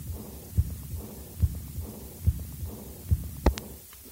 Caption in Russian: Запись, сделанную над аортой у больного аортальной недостаточностью, развившейся после перенесенного септического эндокардита почти полное отсутствие второго тона и высокочастотный дующий, убывающий диастолический шум.